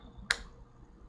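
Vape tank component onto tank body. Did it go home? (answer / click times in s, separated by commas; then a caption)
yes / 0.3 s. A component of a rebuildable vape tank is pushed down onto the tank body and snaps into place with one sharp click at 0.3 s. The part is seated with a firm, tight fit, and the rest of the clip is quiet.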